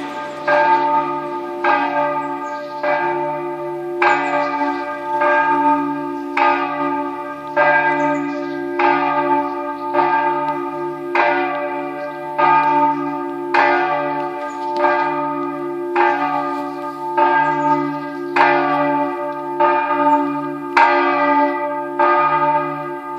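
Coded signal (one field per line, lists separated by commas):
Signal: bell signal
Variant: swinging mezzana bell (distesa)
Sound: one swinging church bell ringing steadily, about 17 strokes, slightly uneven timing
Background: low mechanical hum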